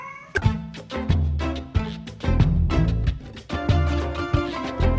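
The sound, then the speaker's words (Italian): A cat meows repeatedly over a loud, rhythmic musical backing with steady beats, its drawn-out, wavering cries recurring throughout the track. No one speaks. “Ha dei problemi anche il gatto, capisci?”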